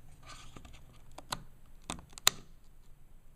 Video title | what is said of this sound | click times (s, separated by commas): Mac Mini 2010 Ram Upgrade | again, it's a little difficult to get to, but you push it in till you hear it click. | 2.3 s